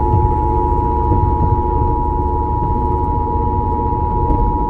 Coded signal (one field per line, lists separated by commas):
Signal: Emergency Alert System (SAME) tones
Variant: 853 and 960 Hz attention tone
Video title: 2019 National EAS Test on WJKR- Columbus, OH (EAS #423)